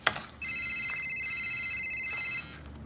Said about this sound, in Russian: Звонит отец.